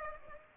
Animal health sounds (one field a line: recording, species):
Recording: mosquito wingbeat signal from an infrared sensor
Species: Aedes aegypti